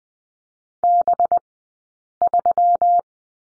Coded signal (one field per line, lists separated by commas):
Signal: Morse code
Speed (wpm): 20 wpm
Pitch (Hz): 700 Hz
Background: none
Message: B3